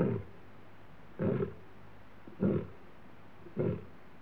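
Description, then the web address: Lion uttering four short, deep grunts spaced just over a second apart, quiet and evenly paced over faint hiss. Male lion roaring in Africa. "BBC Sound Effects Library. Africa. Lions, Male Lion Roaring"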